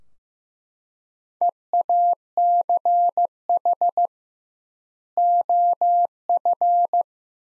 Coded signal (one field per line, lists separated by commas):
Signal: Morse code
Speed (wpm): 15 wpm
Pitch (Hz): 700 Hz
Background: none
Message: EACH OF